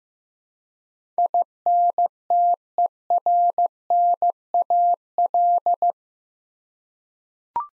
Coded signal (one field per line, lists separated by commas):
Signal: Morse code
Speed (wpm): 16 wpm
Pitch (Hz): 700 Hz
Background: none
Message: INTERNAL